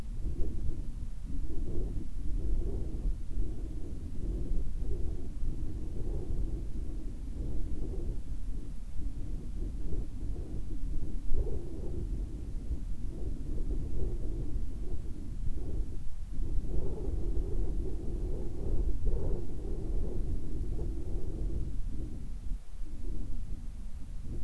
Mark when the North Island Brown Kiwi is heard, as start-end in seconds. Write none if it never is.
none